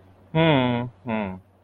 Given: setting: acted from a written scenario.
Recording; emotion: vocal sound without words; neutral